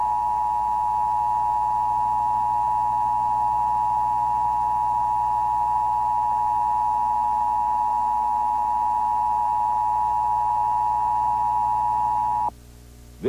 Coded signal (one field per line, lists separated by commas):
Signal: Emergency Alert System (SAME) tones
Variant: 853 and 960 Hz attention tone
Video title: Emergency Broadcast System Collection